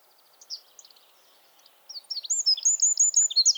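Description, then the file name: Eurasian wren song: faint high notes at first, then from about two seconds a loud, fast run of piercing trills and twitters. "Troglodytes troglodytes"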